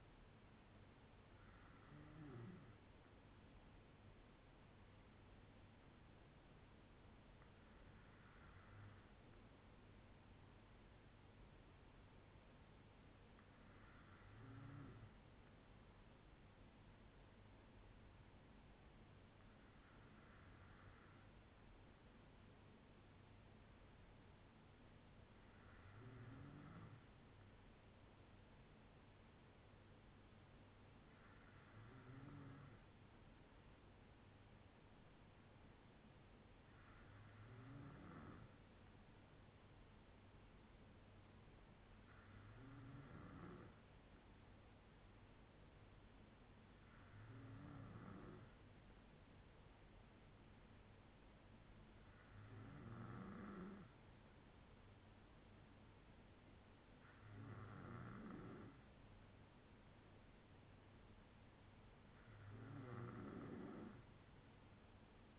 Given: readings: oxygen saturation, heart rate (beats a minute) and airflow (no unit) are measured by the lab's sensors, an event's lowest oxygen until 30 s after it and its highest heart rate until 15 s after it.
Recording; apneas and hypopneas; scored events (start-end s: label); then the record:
breathing in sleep by a voice recorder at the bedside; none
none scored
From the record:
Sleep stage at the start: N2 (light sleep); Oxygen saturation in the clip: 94 to 96%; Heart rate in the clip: 54 to 81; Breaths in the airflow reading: 11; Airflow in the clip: -4.5 to 2.6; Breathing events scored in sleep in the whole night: 182 in 7.4 hours asleep